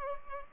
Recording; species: mosquito wingbeat signal from an infrared sensor; Culex pipiens